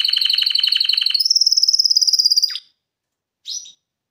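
Canary song: a fast pulsed trill that jumps up into a higher sustained rolling note, then falls, pauses, and gives one short chirp.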